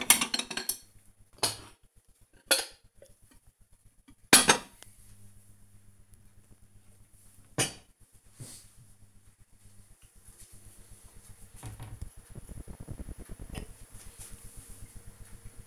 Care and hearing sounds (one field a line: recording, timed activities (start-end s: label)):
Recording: household activities, microphone on the right wrist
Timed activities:
0.00-7.61 s: putting away the dishes